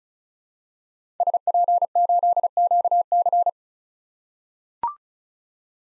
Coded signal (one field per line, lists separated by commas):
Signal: Morse code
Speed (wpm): 36 wpm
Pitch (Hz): 700 Hz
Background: none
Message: SP8QC